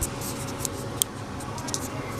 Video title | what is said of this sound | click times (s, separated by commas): Episode 11 - Mounting and Testing the Sena Prism | and you probably heard it click in, and that's all there is to it. | 1.0 s